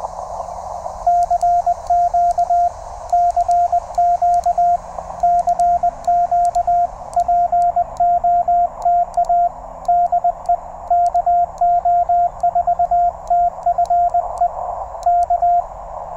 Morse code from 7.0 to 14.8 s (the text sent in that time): POTA DE KO4TFE